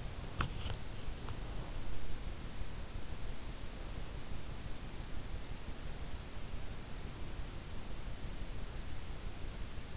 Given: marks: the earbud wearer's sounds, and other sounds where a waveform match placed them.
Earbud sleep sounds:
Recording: sounds in sleep by an in-ear microphone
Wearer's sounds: swallowing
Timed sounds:
0.00-1.49 s: swallowing

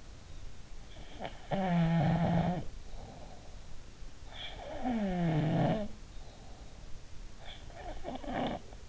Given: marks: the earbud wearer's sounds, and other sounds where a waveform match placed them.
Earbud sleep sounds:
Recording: sounds in sleep by an in-ear microphone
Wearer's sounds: snoring breath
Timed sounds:
0.73-2.98 s: snoring breath
4.11-6.42 s: snoring breath
7.59-8.88 s: snoring breath

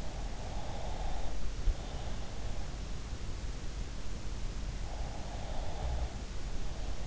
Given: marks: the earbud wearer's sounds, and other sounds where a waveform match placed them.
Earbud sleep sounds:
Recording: sounds in sleep by an in-ear microphone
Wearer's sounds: breath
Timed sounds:
0.16-2.62 s: breath
4.81-7.07 s: breath

